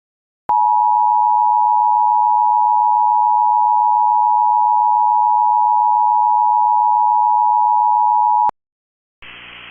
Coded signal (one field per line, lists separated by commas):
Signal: Emergency Alert System (SAME) tones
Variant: 853 and 960 Hz attention tone